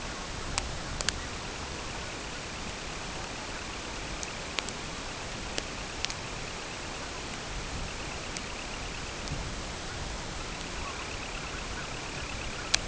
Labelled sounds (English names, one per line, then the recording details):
Semipalmated Sandpiper
unidentified sound
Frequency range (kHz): Semipalmated Sandpiper 1.9-3.4 kHz
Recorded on Arctic tundra, site CORI-1, on 12 June 2018
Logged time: 08:00